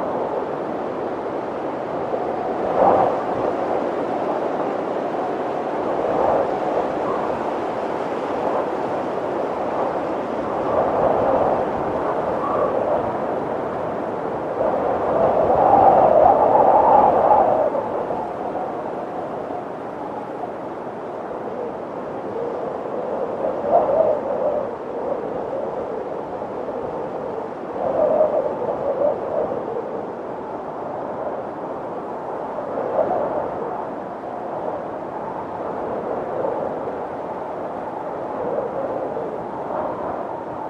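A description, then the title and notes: Soft wind blows through the trees of a snowy countryside in a steady, hushed rush. The sound stays low and muffled, swelling in gentle gusts every few seconds, with a fuller surge around the middle before settling back to an even murmur. Snowy Countryside. Sounds of a countryside during a snowstorm - soft winds blowing through the trees.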